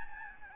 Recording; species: mosquito wingbeat signal from an infrared sensor; Aedes albopictus